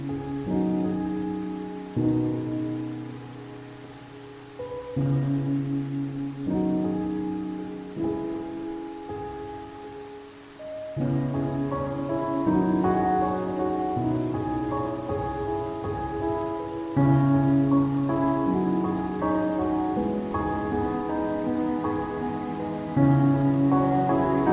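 Steady rain hisses softly throughout, an even wash with no distinct drops or thunder. Over it, mellow sustained chords shift every two seconds or so, growing fuller and slightly louder at about 11 and 17 seconds.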